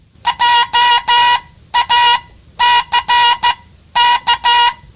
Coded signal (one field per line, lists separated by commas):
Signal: Morse code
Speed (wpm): 14 wpm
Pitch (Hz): 960 Hz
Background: none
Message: JACK